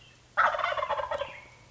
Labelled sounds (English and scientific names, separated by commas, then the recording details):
Wild Turkey (Meleagris gallopavo)
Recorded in Sonoma County, California